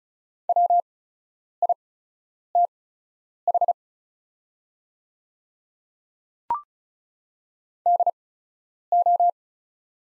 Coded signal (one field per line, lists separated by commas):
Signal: Morse code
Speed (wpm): 34 wpm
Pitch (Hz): 700 Hz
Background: none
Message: WITH DO